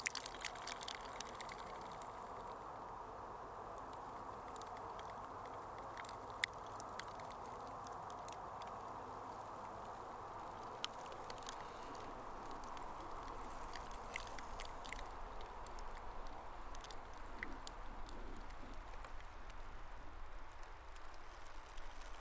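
Sea ice at Munkkiniemi beach creaks and cracks softly, with small sharp ticks and snaps scattered all through, a few slightly louder near the 6 and 11 second marks. Beneath them runs a steady, even hiss that holds level from start to finish.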